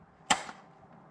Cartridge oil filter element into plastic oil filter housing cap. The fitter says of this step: push down you hear a click